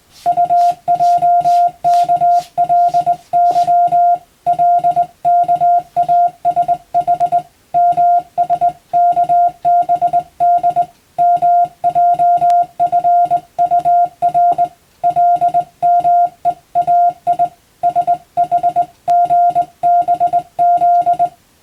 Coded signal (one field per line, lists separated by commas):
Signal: Morse code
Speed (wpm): 21 wpm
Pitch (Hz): 700 Hz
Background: music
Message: UJKLY LKASH MSKBD MJFUR LMEAI SHGBZ